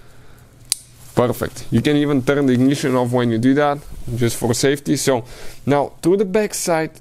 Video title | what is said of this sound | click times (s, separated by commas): TEST CAMSHAFT POSITION SENSOR ON KIA OPTIMA SORENTO SPORTAGE FORTE SOUL RIO | Okay, plug it in until it clicks. Perfect. | 0.7 s